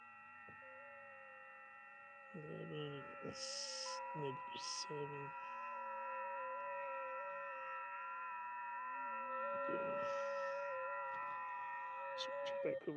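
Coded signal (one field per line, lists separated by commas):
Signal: FT8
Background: speech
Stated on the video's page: Live FT8 during a POTA park activation using secondhand QRP radios bought at a hamfest.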